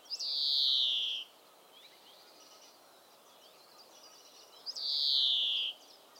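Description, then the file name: European greenfinch wheezing: a drawn-out, falling, buzzy note lasting about a second, repeated once about four and a half seconds later, over soft background chirps. "Chloris chloris"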